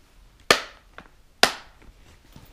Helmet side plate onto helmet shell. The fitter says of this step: just clicks into place with these snaps here